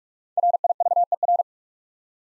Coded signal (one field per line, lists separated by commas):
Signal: Morse code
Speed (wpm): 44 wpm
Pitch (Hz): 700 Hz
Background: none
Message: RIVER